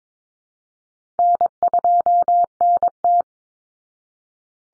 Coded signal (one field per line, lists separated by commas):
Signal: Morse code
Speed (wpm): 22 wpm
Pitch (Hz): 700 Hz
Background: none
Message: N2NT